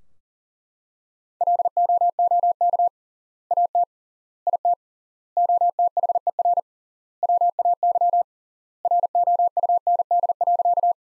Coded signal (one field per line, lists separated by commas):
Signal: Morse code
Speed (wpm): 40 wpm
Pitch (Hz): 700 Hz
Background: none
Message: LOOK AT IT OTHER WAY ROUND.